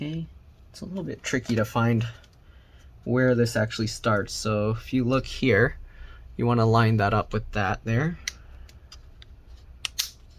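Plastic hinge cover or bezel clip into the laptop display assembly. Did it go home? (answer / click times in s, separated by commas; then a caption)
yes / 9.8 s. During reassembly of a Dell Inspiron 15 3511 laptop screen, someone talks while lining up the plastic hinge cover or bezel clip with its mating point on the display assembly. A few faint ticks are followed by a sharp snap at 9.9 s as the piece is pressed in and clicks into place, seated.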